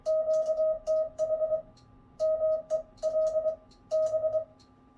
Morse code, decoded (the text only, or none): QTH MELB